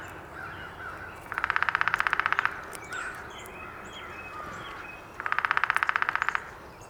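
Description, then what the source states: Downy woodpecker drumming, two rapid rolls of even taps about a second long, with scattered soft calls of other birds between them. Recorded 19 April 2019.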